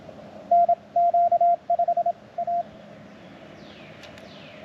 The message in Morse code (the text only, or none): NQ5A